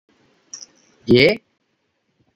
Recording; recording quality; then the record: sustained vowel as in made; excellent, no background noise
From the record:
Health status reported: healthy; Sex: male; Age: 32 years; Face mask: not worn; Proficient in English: yes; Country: India